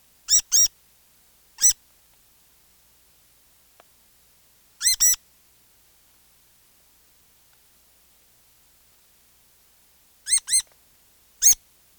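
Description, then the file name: Rose-breasted grosbeak uttering sharp metallic 'eek' calls, single or doubled, separated by one to several seconds of near silence. "Rose-breasted Grosbeak - Pheucticus ludovicianus"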